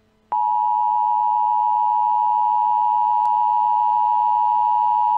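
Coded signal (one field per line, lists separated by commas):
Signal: Emergency Alert System (SAME) tones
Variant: 853 and 960 Hz attention tone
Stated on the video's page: Simulated EAS scenario, fictional.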